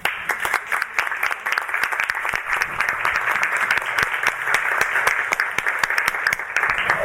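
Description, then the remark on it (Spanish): A theater audience at the Teatro Municipal de Lomas de Zamora applauds Beatriz Villar at her book presentation, a dense wash of many hands clapping at once with sharp individual claps poking through, sustained at an even loudness for several seconds without any talking. “A quien la aplaudimos.”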